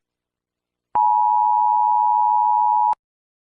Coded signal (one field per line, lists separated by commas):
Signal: Emergency Alert System (SAME) tones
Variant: 853 and 960 Hz attention tone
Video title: EAS I made (not the sound)